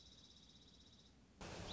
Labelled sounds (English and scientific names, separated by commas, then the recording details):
Dark-eyed Junco (Junco hyemalis)
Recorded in Sonoma County, California